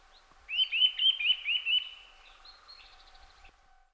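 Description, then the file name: Eurasian nuthatch giving a rapid series of about six rising, piping notes, then fainter high chips and a soft background hum. "Sitta europaea"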